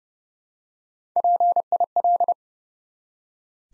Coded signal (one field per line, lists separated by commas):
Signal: Morse code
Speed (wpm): 30 wpm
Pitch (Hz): 700 Hz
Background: none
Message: PIL